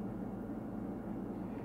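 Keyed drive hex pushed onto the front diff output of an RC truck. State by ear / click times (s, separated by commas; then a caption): not seated / none. A keyed drive hex is lined up with the pin on the front drive line of a Traxxas Stampede RC truck, at its front diff output during a front diff housing rebuild, before being pushed home. Only a steady low, broadband hum is heard with no sudden sounds. Nothing has seated or clicked yet.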